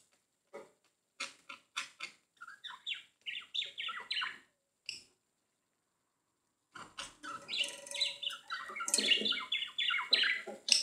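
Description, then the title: Budgerigar warbling: scattered soft chirps and clicks, a silent gap, then a louder, dense stretch of chattering squeaks and whistles. "Budgie Sounds"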